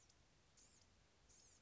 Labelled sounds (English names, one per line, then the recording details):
Blue-gray Gnatcatcher
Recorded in Sonoma County, California